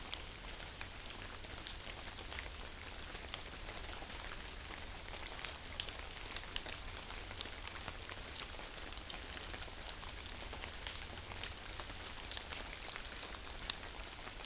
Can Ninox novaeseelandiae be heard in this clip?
no